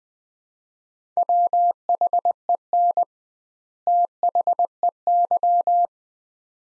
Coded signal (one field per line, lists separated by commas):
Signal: Morse code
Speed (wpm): 20 wpm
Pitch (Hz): 700 Hz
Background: none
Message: WHEN THEY